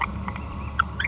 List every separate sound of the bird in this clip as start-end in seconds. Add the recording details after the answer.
1.04-1.07. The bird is a female. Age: 30 days. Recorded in a nest box in Venezuela. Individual 17B42A4